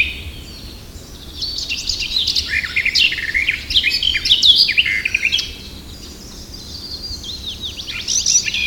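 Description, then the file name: Eurasian blackcap warbles in a dense four-second phrase of jumbled high notes, followed by quieter scattered notes and a few whistles at the end. "Sylvia atricapilla"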